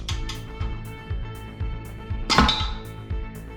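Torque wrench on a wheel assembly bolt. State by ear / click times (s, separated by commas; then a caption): torque reached / 2.4 s. A click-type torque wrench tightens a bolt on a wheel being reassembled. A quick run of ratcheting hits comes first, then one loud click at 2.4 s as the wrench breaks over at its setting, so the bolt reaches its set torque.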